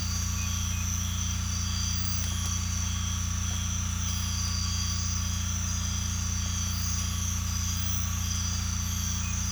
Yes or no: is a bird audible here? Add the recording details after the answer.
no. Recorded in secondary vegetation near Puerto Asís, Putumayo, Colombia, on 18 December 2024 at 05:00. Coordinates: 0.485, -76.322. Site GP08